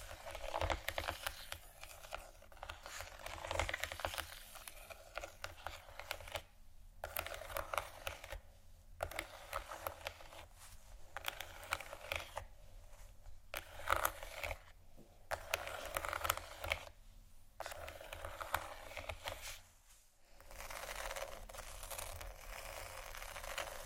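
Scratching fills the clip in dense, bright bursts that hiss high and rasp like wood being rubbed. Short gaps of near silence break it up around 7, 9, 14, 17 and 20 seconds, and a low rumble runs steadily underneath.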